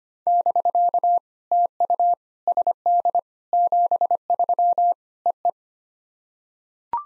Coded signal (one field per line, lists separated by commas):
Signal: Morse code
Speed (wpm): 25 wpm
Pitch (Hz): 700 Hz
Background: none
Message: <BK> TU SD 73 EE